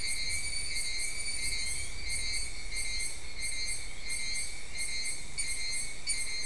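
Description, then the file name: Insect chorus of high, pulsing tones in stacked bands, breaking off briefly at intervals, with faint low background rumble. "mainly insect"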